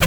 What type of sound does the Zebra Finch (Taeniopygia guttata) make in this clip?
tet call